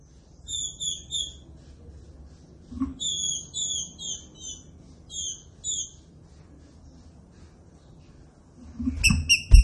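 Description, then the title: Green-winged saltator song: groups of quick whistled notes repeated in phrases, ending with sharp clipped notes and a loud low thump. Classic song style used for training. "Canto Clássico Trinca Ferro TREINAMENTO"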